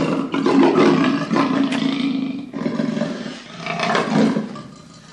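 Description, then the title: Leopard giving a harsh, rasping growl that swells and fades, then surges again near the end. Furious growling of a leopard. "El Grunido Furioso De Un Leopardo. Злое рычание леопарда"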